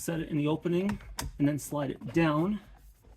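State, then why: Not seated. Someone talks while an 8-inch factory SYNC 3 touchscreen assembly, part of a 4-inch to 8-inch conversion in a 2020+ Ford Transit with base audio, is being slid down into its dash mount. The clip ends before the assembly goes home, so nothing has seated or clicked yet.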